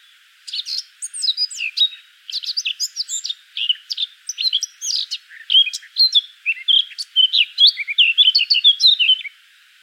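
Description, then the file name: Eurasian blackcap song, a long rambling warble of fast scratchy notes and sweet whistles running for about nine seconds. "Sylvia atricapilla"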